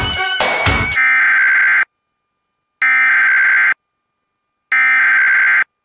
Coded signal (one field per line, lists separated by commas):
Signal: Emergency Alert System (SAME) tones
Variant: header bursts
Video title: AZ silver alert! (EAS# 114)